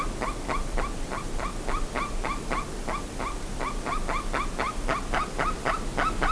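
Bird calling continuously with quick, repeated sharp notes, several each second, the series running the whole time over a constant wash of noise.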